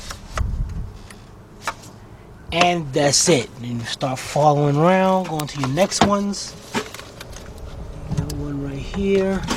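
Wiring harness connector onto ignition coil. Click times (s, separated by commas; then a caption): 0.4 s. A wiring harness connector is pushed onto an ignition coil on a 2004 Ford Expedition's 4.6 V8 during a spark plug replacement, and it clicks and locks into place at 0.4 s. Someone then talks while moving on to the next coil, with a few more small handling clicks and taps in the background.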